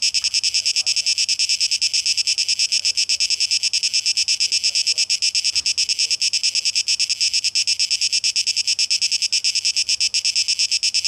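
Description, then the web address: Cicadas producing a steady high whirring buzz in quick pulses, with faint low chatter-like sounds beneath. Tape echo mix; recorded 12 August 2023. "Audio 2023-08-12 Zikaden"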